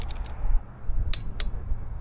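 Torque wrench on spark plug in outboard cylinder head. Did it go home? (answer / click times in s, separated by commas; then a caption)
yes / 1.1 s. A click-type torque wrench tightens a spark plug to 15 ft-lbs in the cylinder head of a Mercury 4 Stroke 175–225 outboard during a 300-hour service. Three faint ticks come at 0.0, 0.1 and 0.3 s, then a sharp click at 1.1 s and another at 1.4 s over a low hum. The wrench clicks at its setting at 1.1 s, confirming the plug is torqued.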